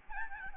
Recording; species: mosquito wingbeat signal from an infrared sensor; Aedes albopictus